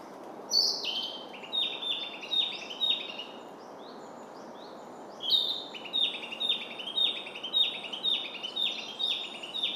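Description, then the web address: Narcissus flycatcher singing: bright whistled phrases of repeated, slightly falling notes, delivered in two bursts with a short pause between, over a soft background hiss. "izumino saunndo kibitaki"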